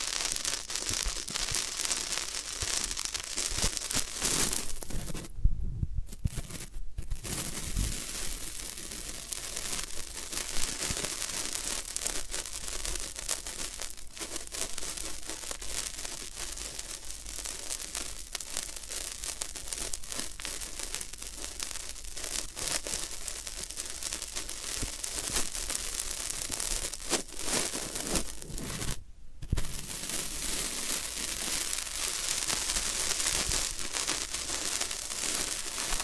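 Floral foam is crumbled and crushed in a steady, dense run of crisp crackling and crinkling that fills the whole clip. The texture stays bright and busy, broken only by brief near-silent gaps around five seconds, seven seconds and twenty-nine seconds.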